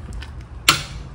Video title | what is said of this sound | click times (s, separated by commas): 2016-2022 Honda Pilot Oil Change | so all I do is turn this until it clicks one time and then it's done | 0.7 s